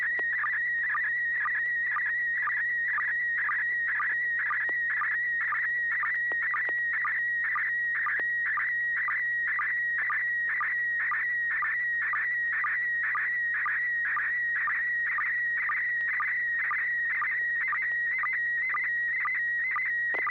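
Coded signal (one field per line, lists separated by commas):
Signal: SSTV (slow-scan television)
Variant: PD120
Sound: warbling tones around 2 kHz with steady low sync blips about twice a second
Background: low hum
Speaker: uh yeah I think I am uh this will be pd120 thanks Bill here we go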